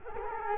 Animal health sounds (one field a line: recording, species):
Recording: mosquito wingbeat signal from an infrared sensor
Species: Culex quinquefasciatus